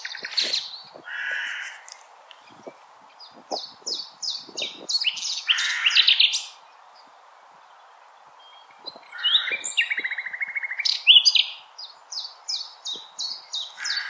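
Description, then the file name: Common nightingale song in two bursts of varied whistles, repeated notes and rattles, separated by a few seconds of near silence; faint knocks beneath. Recorded 16 April 2021. "Nightingale-210416"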